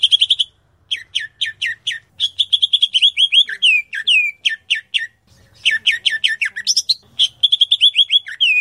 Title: Kicau Burung Cucak Jenggot